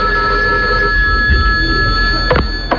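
A telephone rings with a steady, high electronic tone held throughout, over a low background hum, with a couple of sharp clicks near the end and no one speaking.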